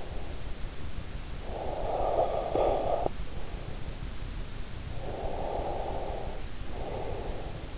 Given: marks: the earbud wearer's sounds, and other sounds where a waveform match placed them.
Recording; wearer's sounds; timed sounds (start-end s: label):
sounds in sleep by an in-ear microphone; breath
1.08-3.75 s: breath
4.88-7.78 s: breath